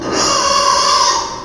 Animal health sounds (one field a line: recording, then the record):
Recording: squeal of a Yucatan mini pig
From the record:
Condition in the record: before surgery on the right vocal fold (resection and tissue-engineered implant)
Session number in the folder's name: 1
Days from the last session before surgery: -3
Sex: male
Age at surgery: 12 weeks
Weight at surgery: 13 kg